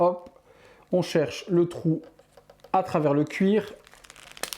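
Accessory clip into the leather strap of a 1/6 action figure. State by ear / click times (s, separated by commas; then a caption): seated / 4.4 s, 4.5 s. Someone talks while pushing a small accessory clip through a hole in the leather strap of a Hot Toys Deathstroke (Arkham Origins) 1/6 action figure, with faint handling sounds. The clip snaps into place with sharp clicks at 4.4 s and 4.5 s, seating it so it no longer moves.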